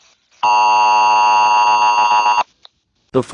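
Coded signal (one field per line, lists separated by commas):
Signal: Emergency Alert System (SAME) tones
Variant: 853 and 960 Hz attention tone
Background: speech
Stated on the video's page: Parody EAS scenario, not a real alert.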